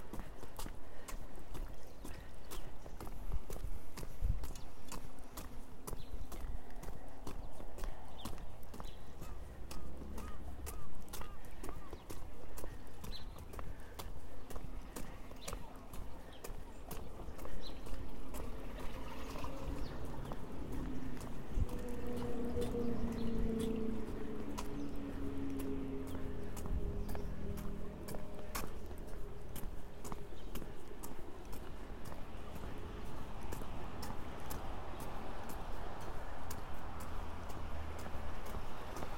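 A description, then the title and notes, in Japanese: Steady footsteps crunch along a path toward a seedling greenhouse, over a low outdoor rumble, with a few faint chirps midway. 朝、苗ハウスまで歩いていく。鳥の囀りが聞こえる中、苗ハウスまで歩いて行きます。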